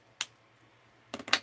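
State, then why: Seated. A small cap is pressed onto the point of a straight pin for a junk journal, pushed on tight so it won't fall off. Sharp, bright snaps ring out over a faint low hum, with a cluster of smaller clicks around 1.1 to 1.3 seconds. The caps snap into place and seat at 0.2 and 1.3 seconds.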